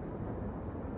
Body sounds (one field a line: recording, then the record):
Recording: background sound without coughing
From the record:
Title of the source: Train Ride Ambience ambient white noise for sleeping, focus, studying, reading